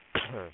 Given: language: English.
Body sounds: throat vibration sensor signal played as sound; cough

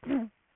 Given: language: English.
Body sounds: throat vibration sensor signal played as sound; throat clearing

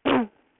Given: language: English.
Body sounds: throat vibration sensor signal played as sound; throat clearing

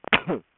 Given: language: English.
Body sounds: throat vibration sensor signal played as sound; cough

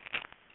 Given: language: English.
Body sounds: throat vibration sensor signal played as sound; swallow

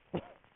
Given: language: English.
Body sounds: throat vibration sensor signal played as sound; cough

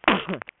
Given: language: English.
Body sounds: throat vibration sensor signal played as sound; cough

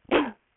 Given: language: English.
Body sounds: throat vibration sensor signal played as sound; cough

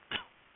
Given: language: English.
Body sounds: throat vibration sensor signal played as sound; cough

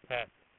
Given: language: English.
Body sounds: throat vibration sensor signal played as sound; speech

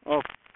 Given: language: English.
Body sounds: throat vibration sensor signal played as sound; speech

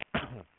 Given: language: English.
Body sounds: throat vibration sensor signal played as sound; cough

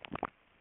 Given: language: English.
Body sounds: throat vibration sensor signal played as sound; swallow

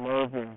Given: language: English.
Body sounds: throat vibration sensor signal played as sound; speech

